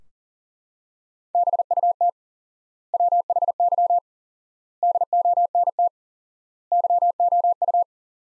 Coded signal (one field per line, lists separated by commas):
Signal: Morse code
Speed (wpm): 40 wpm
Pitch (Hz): 700 Hz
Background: none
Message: BUT WHY DONT YOU